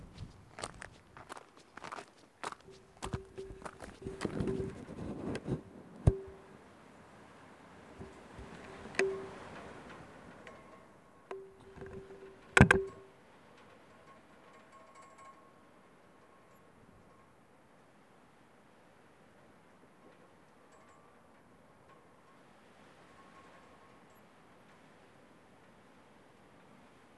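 Stones of the Dentelles de Montmirail clink and knock, a quick scatter of sharp strikes for the first dozen seconds, some ringing briefly with a clear tone, ending in one loud crack near 12 seconds. Afterwards only faint, soft wind and a thin ring remain.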